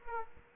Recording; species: mosquito wingbeat signal from an infrared sensor; Aedes aegypti